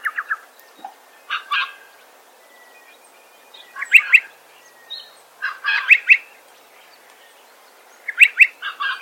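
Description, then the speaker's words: Striated pardalote calls, several sharp double notes mixed with softer chips and faint notes. Bird feeding on lerps in the tree canopy at Murray Bridge, regional South Australia, with a second pardalote possibly answering in the distance. "You can hear striated pardalote eating lerps in the tree canopy."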